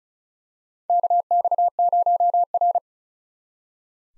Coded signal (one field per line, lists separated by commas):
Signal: Morse code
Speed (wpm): 36 wpm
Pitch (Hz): 700 Hz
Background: none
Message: KX0R